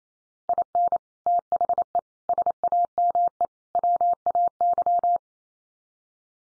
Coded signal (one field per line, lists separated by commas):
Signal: Morse code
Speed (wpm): 28 wpm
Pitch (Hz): 700 Hz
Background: none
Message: IN THE SAME WAY